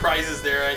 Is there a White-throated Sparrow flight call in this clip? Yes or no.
no